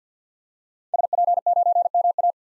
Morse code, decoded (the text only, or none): SP9MA